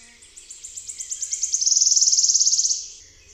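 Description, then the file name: Wood warbler song: a high, dry trill of ticking notes that speeds up and brightens into a fast shivering rattle, then fades after about three seconds. "Swistunka"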